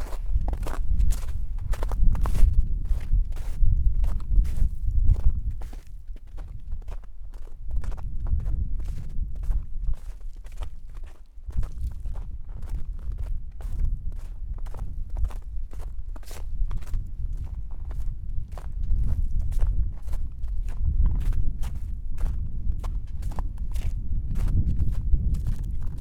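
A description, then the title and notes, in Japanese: Natural sounds along a walking path: steady footsteps crunch at a regular pace throughout, over a low rumbling background that swells and fades. お散歩道の自然の音。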